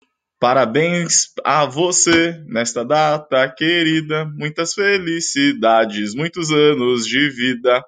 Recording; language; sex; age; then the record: short text; Brazilian Portuguese; male; 30 to 39 years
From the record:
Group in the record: control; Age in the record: 33 years